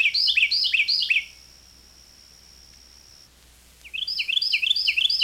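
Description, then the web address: Carolina wren song, a rapid series of ringing, repeated two-part notes, a pause with a thin steady high tone, then the same rollicking phrase starting again. "101 Bird Songs. Carolina Wren"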